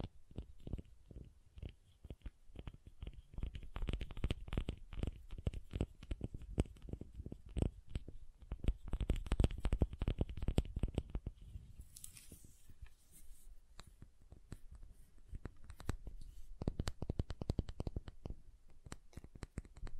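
Fingers tap and carve at a soft-hard bar of soap in a dense, uneven stream of short clicks and scrapes, busiest around the middle. Around twelve seconds a brief bright hiss rises, then sparser, sharper taps carry on to the end.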